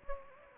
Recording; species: mosquito wingbeat signal from an infrared sensor; Anopheles gambiae